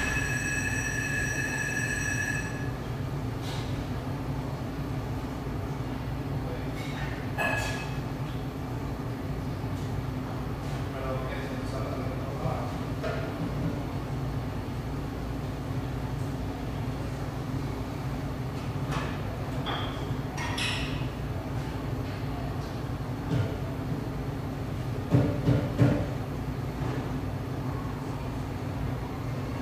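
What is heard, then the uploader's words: Summer afternoon sounds in Denver's RINO neighborhood: a steady low hum runs throughout, with a whining tone at the start that cuts off after two seconds. Scattered clicks, clanks and brief voices pop up, and a few louder knocks arrive around twenty-five seconds. Mellow, summer afternoon sounds from a spacious spot on in Denver's trendy RINO neighborhood.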